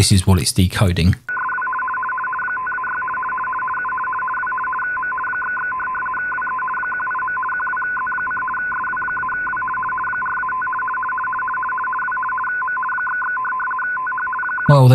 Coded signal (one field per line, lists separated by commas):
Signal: RTTY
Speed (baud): 50 baud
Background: speech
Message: VSW 5-6 U W M // WE 18. QWZ: SW-W 4-5 W M // TH 1)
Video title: Nooelec Ham It Up NANO - HF Upconverter